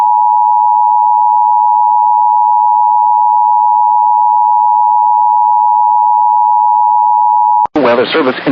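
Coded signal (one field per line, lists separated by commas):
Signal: Emergency Alert System (SAME) tones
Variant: 853 and 960 Hz attention tone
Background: speech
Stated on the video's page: EAS alerts received on a WR300 weather radio.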